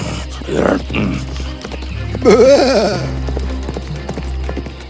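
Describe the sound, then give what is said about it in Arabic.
A horse in a forest lets out a loud, quavering whinny that wobbles up and down in pitch for about a second, following a couple of short, breathy snorts. “صهيل جوادي العالي أيقظ العملاق من نومه وكان غاضبا.”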